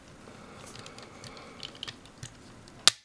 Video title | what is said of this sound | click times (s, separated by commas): Transformers G1 JetFire Video Review | and then actually bring his back down like so until it clicks into place. | 2.9 s